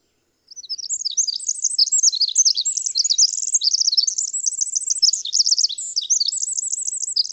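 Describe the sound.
Bird song: a long, fast tumbling stream of high, sharp chirps and slurred notes with short trilled passages, continuous throughout.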